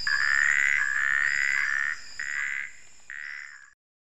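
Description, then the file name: Natal puddle frog giving a few buzzy bursts at a steady pitch, the last ones shorter and quieter, then silence. "Phrynobatrachus natalensis"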